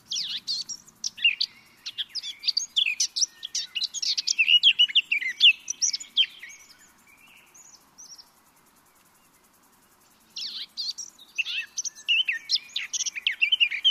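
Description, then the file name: Eurasian blackcap song: hurried chattering and whistled notes for about seven seconds, a short pause, then a second lively warbled phrase. "Sylvia atricapilla"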